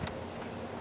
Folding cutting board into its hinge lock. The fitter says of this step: comes up locks into place